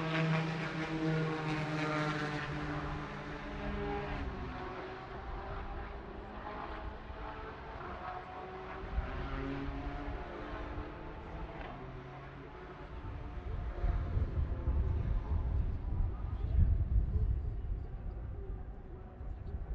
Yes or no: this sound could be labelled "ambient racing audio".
yes